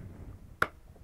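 A phone inside its pouch is pressed onto the magnetic handlebar mount of an enduro motorcycle and clips in with one sharp tick at 0.6 s, against a faint low background. The pouch is seated on the mount and ready to go.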